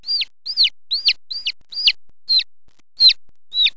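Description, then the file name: Chick peeping: eight clear, high, arched peeps that rise slightly and then fall sharply, given in a quick, uneven series. "PINTINHO"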